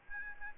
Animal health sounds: mosquito wingbeat signal from an infrared sensor; Aedes albopictus

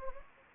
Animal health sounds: mosquito wingbeat signal from an infrared sensor; Anopheles gambiae

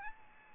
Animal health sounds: mosquito wingbeat signal from an infrared sensor; Aedes albopictus

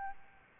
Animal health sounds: mosquito wingbeat signal from an infrared sensor; Aedes albopictus

